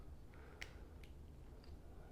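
A plastic armor/cape accessory is pressed onto a peg and into a slot on the back of an action figure, with faint handling ticks around it. A sharp tap at 0.6 s marks the piece seating in place.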